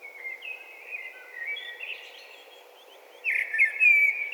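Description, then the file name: Eurasian blackbird giving a soft, quiet warble for about three seconds, then a louder fluted phrase ending in thin, high squeaky notes. "Turdus merula"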